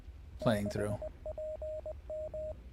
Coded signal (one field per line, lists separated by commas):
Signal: Morse code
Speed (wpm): 20 wpm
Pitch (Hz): 620 Hz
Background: speech, radio noise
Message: 6PM